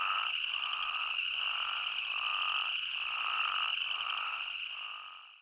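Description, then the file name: Spadefoot toads calling in a dense chorus, a steady droning bleat with a higher buzzy overtone, broken by brief dips roughly every second. Several spadefoot toads, recorded 20 May 2015. "Spadefoot Toads 20150520"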